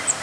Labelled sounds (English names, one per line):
Cape May Warbler flight call